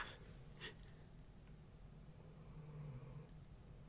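Low, quiet rumbling snore from a sleeping female dog, one drawn-out snore breath in a still room, deep like a grown man's snoring.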